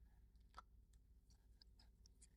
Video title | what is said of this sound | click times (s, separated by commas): You All Asked For This... I Found it at Ross! | Cap clicks into place. Look at that. | 2.1 s